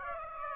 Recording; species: mosquito wingbeat signal from an infrared sensor; Aedes aegypti